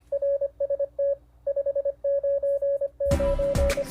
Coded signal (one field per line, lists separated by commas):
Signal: Morse code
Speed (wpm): 25 wpm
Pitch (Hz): 560 Hz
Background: none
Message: RST 599